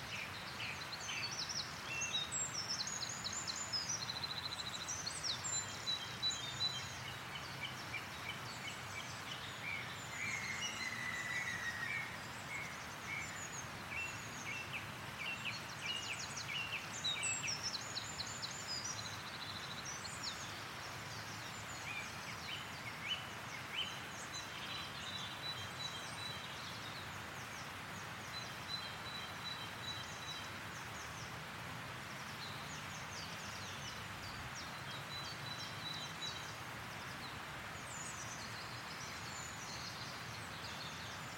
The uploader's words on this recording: An inviting path winds through an oak woodland high on the slopes of a hill in the Brecon Beacons. As morning sun slants into the valley below, a host of birds sing lustily and seem to stir the ancient trees into life. Chiffchaffs, great tits, coal tits, goldcrests, song thrushes, blackcaps, robins, chaffinches, redstarts and even a green woodpecker provide the chorus. Recorded by Fergus Collins. Birdsong in a Brecon Beacons' oakwood.